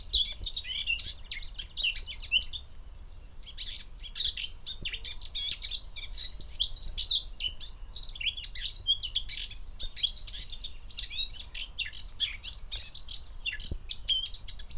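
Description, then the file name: Eurasian blackcap song: a long, dense stream of fast scratchy chirps and twitters with barely a pause, high and busy throughout, over faint low rumble. "Sylvia atricapilla"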